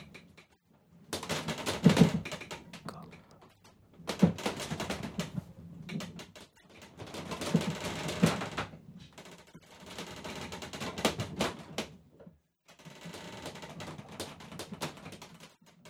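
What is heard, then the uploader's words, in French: A boat's hull creaks and the sails snap in rhythmic surges, each lasting two to three seconds and separated by brief near-silent pauses. Dense crackling and sharp clicks ride over a low groaning layer, with the loudest cracks near two and eight seconds. Vers l'Islande à bord d'une goélette. Enregistrements : juillet 06.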